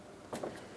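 On a 2008-2016 Chrysler Town & Country 3.8L V6, the AC condenser's rectangular notch is fitted over the radiator's locking tab and the two are squeezed together. A short burst of contact noise begins at about 0.3 s, and a single sharp click comes at 0.4 s as the condenser seats onto the radiator tab.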